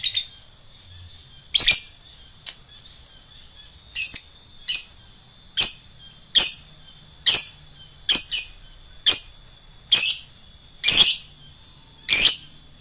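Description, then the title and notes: Lovebird chirps: sharp, squeaky calls at uneven intervals, some paired, over a constant high whine. Adult lovebird, described as a fighter lovebird. "#4. LOVEBIRD FIGTER. Lovebird Dewasa"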